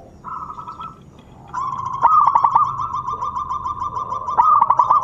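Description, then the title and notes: Zebra dove song: a short hummed note, then a long run of quick, purring, stuttered coos with clicky accents, continuing to the end. Long-duration lure recording of a vigorously singing zebra dove. "Pancingan Perkutut Durasi Panjang. Suara Burung Perkutut Gacor"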